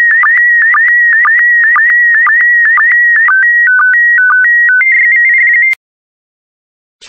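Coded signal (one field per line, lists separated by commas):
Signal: SSTV (slow-scan television)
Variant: PD120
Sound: warbling whistle near 2 kHz with regular short low blips, then stepped tones, then silence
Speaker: the next image transmission will start in 10 seconds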